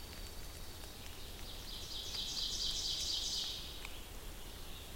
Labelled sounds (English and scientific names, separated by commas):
Ovenbird (Seiurus aurocapilla) song